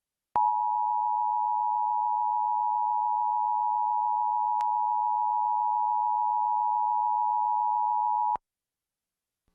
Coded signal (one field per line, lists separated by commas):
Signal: Emergency Alert System (SAME) tones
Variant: 853 and 960 Hz attention tone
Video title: Pennsylvania EAS May RMT Emergency Alert System Required Monthly Test on CBS 3 KYW-TV 5/20/21